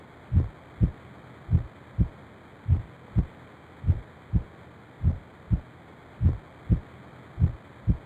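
Regular paired lub-dub heart sounds from an adult heart at about 51 beats a minute.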